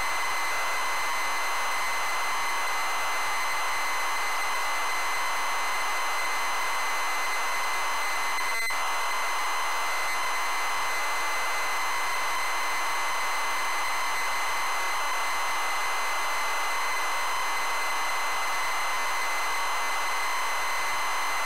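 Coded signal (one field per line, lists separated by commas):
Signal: ZX Spectrum tape loading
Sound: continuous harsh rasping hiss with buried tones, steady throughout, one brief click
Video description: ZX Spectrum load up and quick game play of Shinobi loaded up using a zx spectrum +3 with a wh smith cpd8300 cassette player.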